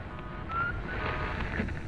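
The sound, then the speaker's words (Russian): A steady, band-limited hiss of static from an intercom in the wall of a train car runs throughout, broken only by a brief faint whistling tone early on; no voice ever answers the call to Mr. Wilford. “Что-то со связью.”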